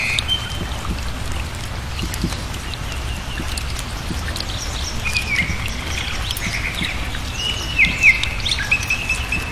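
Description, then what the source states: Birds giving short, high whistled notes over steady rain patter, with a low background rumble. Birds heard in the rain.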